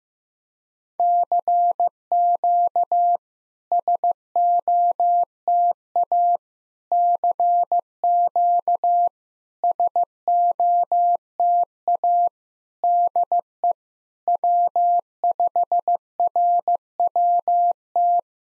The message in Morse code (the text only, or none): CQ SOTA CQ SOTA DE W5RWT